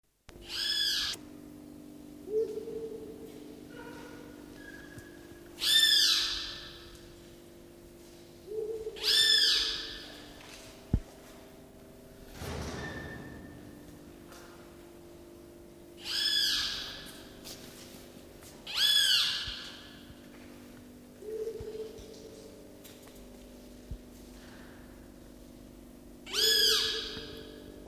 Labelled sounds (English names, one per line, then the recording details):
Pale-legged Hornero call
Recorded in captivity
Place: Zoo Berlin, Berlin, DE
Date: 1997-11-15 11:15
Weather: overcast, light rain fall, 4-6°C
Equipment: Nagra SN, Kopie Uher 4000 Report Monitor
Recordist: Tembrock, Günter